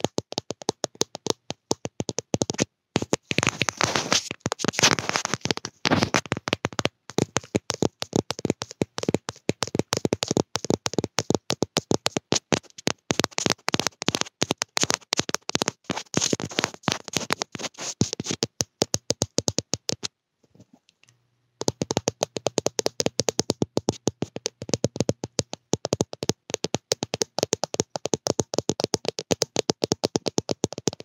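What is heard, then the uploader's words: Rapid, irregular tapping on a camera fills the recording, each tap a sharp dry click. The taps come in dense, uneven bursts with brief pauses, stop almost completely for about a second near the twenty-second mark, then resume just as busily. ASMR Lo-Fi Tapping On Camera.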